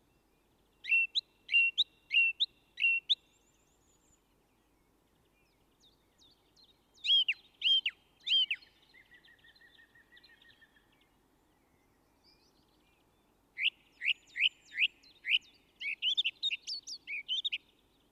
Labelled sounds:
Song Thrush (Turdus philomelos) song

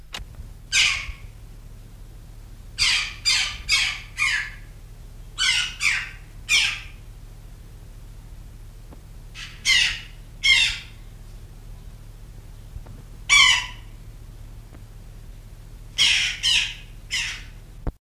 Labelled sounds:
Western Jackdaw (Coloeus monedula) call

